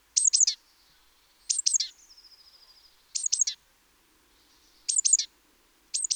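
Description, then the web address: Great tit giving five bursts of high, sharp paired notes; a soft, rapid, slightly descending trill follows the second burst. "SETE Parus major"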